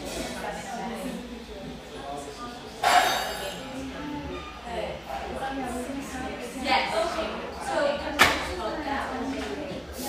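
A humming café with steady overlapping chatter, a sharp clatter near three seconds, and occasional clinks of dishes around seven and eight seconds.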